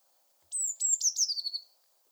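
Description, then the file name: Eurasian blue tit uttering one brief, high-pitched phrase of thin notes slurring downward into a rapid trill lasting just over a second. "Cyanistes caeruleus"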